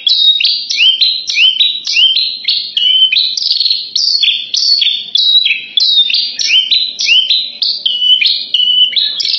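Horsfield's bush lark song made of steady repeated two-part notes, each dropping then lifting, delivered without a break for nearly ten seconds.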